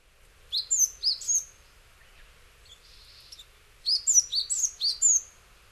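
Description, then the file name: Japanese tit calls: two bursts of high, sharp chirping notes, a short run of about four and then a longer run, separated by a pause. Recorded in Hyogo, Japan, in October. "sijuukara 10 1006 hyogo kaji"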